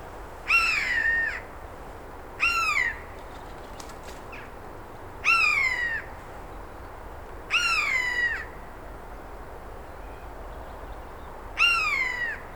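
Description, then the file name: Eurasian jay giving mewing calls, each a clear downslurred note with bright harmonics, five calls at irregular gaps of two to four seconds over a soft hiss. "Garrulus glandarius"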